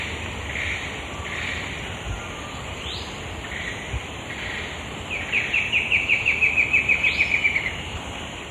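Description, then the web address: Moustached antwren song, a rapid run of high notes that slowly falls in pitch, following softer calls and slurred notes, with a constant insect drone. Recorded in the eastern lowlands of South America. "Natures Songs S America Eastern Lowlands. Moustached Antwren"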